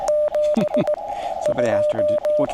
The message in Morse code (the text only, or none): 7 2